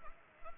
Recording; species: mosquito wingbeat signal from an infrared sensor; Anopheles arabiensis